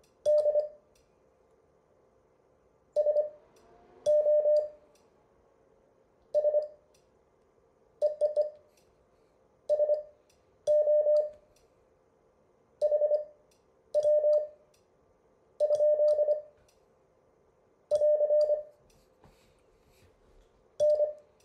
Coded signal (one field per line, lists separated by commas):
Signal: Morse code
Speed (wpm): 25 wpm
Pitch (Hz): 600 Hz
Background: none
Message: D SOS EEE SO HW? <AR> N